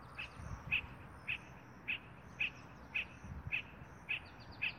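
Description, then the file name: Spot-flanked barbet repeating a short, clipped note about every half second, evenly paced, with soft low rustling underneath. "Tricholaema lacrymosa - Spot-flanked Barbet"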